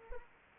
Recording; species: mosquito wingbeat signal from an infrared sensor; Anopheles arabiensis